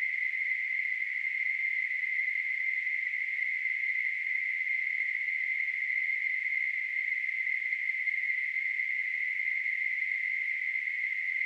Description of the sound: Tinnitus.